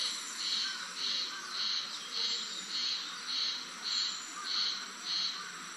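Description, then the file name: Japanese spring cicada giving a steady series of pulsed, rasping buzzes repeated at an even pace, a little under two per second. Recorded 19 May 2011. "haruzemi 110519"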